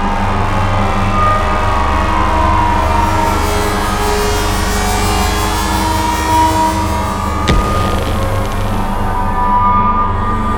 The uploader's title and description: Dark Cinematic Soundscapes and Sound Effects. Desolate drones, dark background sounds, abstract ambiences, oppressive analog synth textures, disturbing whooshes, heavy impacts, scary SFX